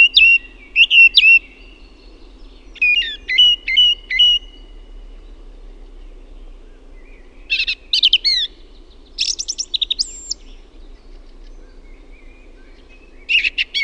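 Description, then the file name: Song thrush singing: a short whistled motif repeated three or four times in a row, then new phrases of sharp chirps and clear whistles, each set apart by pauses. "LAULURASTAS"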